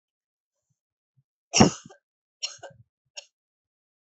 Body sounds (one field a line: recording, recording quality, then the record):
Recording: heavy voluntary cough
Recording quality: excellent, no background noise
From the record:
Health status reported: healthy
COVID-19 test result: negative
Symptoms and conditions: none ticked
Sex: female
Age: 26 years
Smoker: not ticked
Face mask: not worn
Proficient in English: yes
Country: India